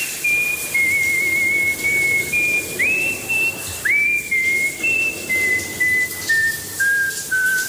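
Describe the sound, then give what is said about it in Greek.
A person whistles a tune in sustained, slightly wavering notes with a few upward pitch jumps, moving through a short melodic phrase over a steady background hiss. “Όταν κάνω ντους, σφυρίζω και κάνω πολύ φασαρία, δυστυχώς.”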